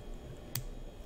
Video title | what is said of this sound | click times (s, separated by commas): AnyRidge Abutment Removal - How to use the Abutment Removal Driver | click click that means i'm disengaged from the implant threads | 0.6 s